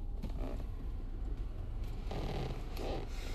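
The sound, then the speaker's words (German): A car window being opened: a steady, scratchy mechanical whir with a few creaky, rising surges, running for about three seconds over a low, continuous rumble. “Ich mach doch lieber das Fenster auf.”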